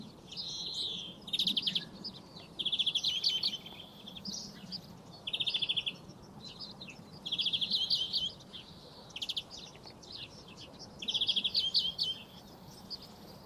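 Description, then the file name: European greenfinch song: quick twittering trills and chirps in short bursts separated by pauses, with low steady background noise. "Chloris chloris"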